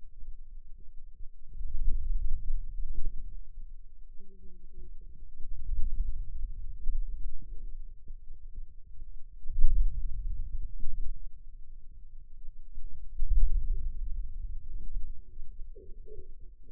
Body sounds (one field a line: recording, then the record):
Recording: forearm muscle sounds (acoustic myography)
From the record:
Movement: radial deviation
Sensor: system 2, bracelet of six BSWA MPA416 microphones around the upper forearm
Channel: 1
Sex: female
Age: 21 years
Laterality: right